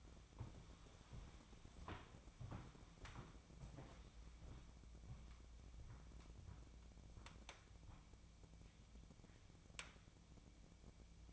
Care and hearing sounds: daily activity, microphone in the room; walk to room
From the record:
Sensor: 1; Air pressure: 1000.0 hPa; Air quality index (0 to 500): 130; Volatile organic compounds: 2 ppm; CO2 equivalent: 1234 ppm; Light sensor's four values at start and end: 44/111/47/58 and 43/109/46/58

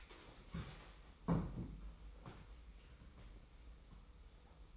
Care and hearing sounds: daily activity, microphone in the room; stand up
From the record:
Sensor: 1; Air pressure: 990.4 hPa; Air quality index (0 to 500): 151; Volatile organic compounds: 1000 ppm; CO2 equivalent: 5477 ppm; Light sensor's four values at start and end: 33/77/33/35 and 33/76/33/35

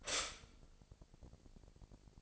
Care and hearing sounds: daily activity, microphone in the room; stop toaster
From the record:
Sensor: 5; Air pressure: 1007.2 hPa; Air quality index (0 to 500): 129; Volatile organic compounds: 2 ppm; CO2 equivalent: 978 ppm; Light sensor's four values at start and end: 30/70/29/31 and 31/71/29/31

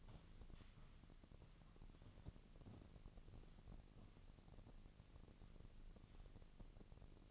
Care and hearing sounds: daily activity, microphone in the room; walk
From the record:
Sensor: 4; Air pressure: 1013.0 hPa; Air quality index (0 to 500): 172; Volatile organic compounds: 2 ppm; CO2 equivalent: 1089 ppm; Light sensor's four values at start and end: 70/171/73/78 and 69/170/72/77

